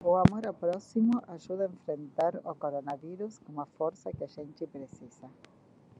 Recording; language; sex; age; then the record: spoken sentence; Brazilian Portuguese; female; 50 to 59 years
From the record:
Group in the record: control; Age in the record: 55 years